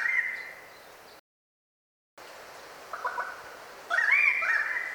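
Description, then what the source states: Bird giving mimicked calls: a harsh, buzzy note near the start, soft sputtering notes midway, then a loud, warbling, gobble-like burst at the end over steady background hiss. Mimicry; 2010.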